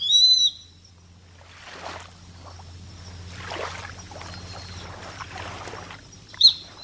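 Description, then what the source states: Grey-faced buzzard whistles at the start and again near the end, with a soft rushing noise in between. Kamishima, Mie Prefecture, Japan.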